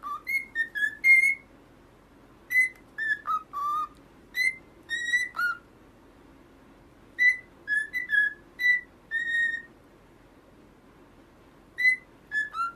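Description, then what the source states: Cockatiel whistling in groups of clear notes, each burst followed by a quiet spell of a second or two. Several cockatiels singing, whistling.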